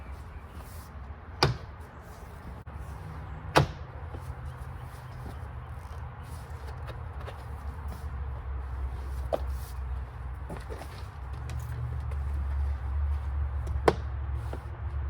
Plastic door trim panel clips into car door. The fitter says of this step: If you do it right, you should hear the clicking sounds when you pop this in.